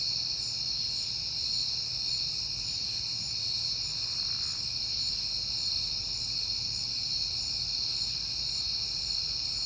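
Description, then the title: Crickets keep up a dense, steady high-pitched chorus while a faint whoosh of a passing car rises briefly partway through. Recorded on a peaceful night in September; crickets heard often that month; cars passing. "Night Time: Crickets and Passing Cars"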